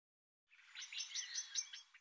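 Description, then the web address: Bird song: one soft, rapid jumble of high chirps and twittering notes, about a second and a half long. "cianscape birddata Deverinetal 2025 Bird Tu Me Tu Me"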